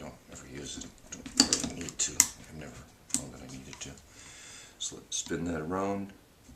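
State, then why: Not seated. During reassembly of a 1911 pistol, the steel barrel bushing is turned by hand over the compressed recoil spring plug in the slide while someone talks. Several sharp ticks and knocks come from the handling, the loudest near 1.4, 2.2 and 3.1 seconds. The bushing has not yet snapped into place, and nothing has seated by the end of the clip.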